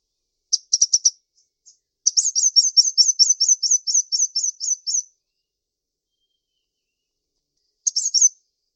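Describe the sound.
Bird song opening with a quick burst of chirps, then a sustained three-second rapid trill of high repeated notes, and a final short flourish.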